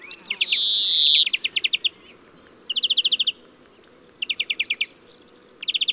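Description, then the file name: European greenfinch song: a loud drawn-out nasal wheeze, then several fast, even rattling trills separated by short pauses. "Chloris chloris"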